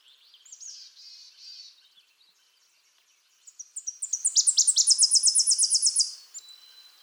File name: Tennessee Warbler Leiothlypis peregrina